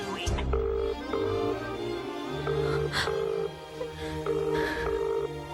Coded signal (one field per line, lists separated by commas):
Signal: telephone call progress tone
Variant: UK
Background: speech, music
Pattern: ringback tone